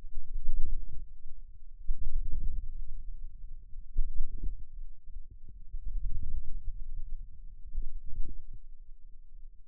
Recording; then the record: forearm muscle sounds (acoustic myography)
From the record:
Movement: wrist flexion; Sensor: system 2, bracelet of six BSWA MPA416 microphones around the upper forearm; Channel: 5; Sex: male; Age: 22 years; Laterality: right